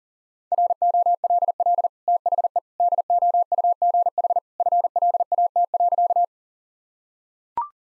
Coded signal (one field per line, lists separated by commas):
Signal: Morse code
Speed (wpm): 37 wpm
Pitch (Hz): 700 Hz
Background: none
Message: ROLL THE DOUGH FLAT.